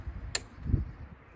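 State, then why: Torque reached. A torque wrench set to 25 Nm tightens an oil drain plug or oil filter on an Audi A6 C5 1.9 TDI engine during an oil change. A sharp, bright click sounds at 0.4 s over a low background rumble, followed by a duller low thump around 0.7 s. The click shows the wrench has reached its 25 Nm setting and the fastener is torqued.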